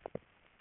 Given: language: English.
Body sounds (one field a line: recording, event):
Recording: throat vibration sensor signal played as sound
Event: swallow